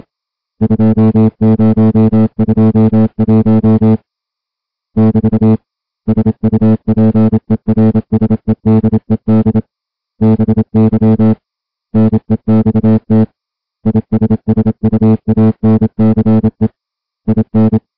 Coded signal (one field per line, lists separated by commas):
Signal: Morse code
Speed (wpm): 27 wpm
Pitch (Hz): 220 Hz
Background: music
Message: 2021 <BT> SUPERSEDED BY NEXT ISSUANCE IN